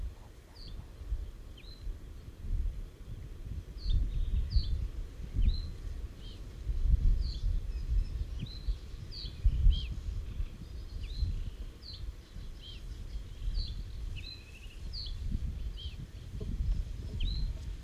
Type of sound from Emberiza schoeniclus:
song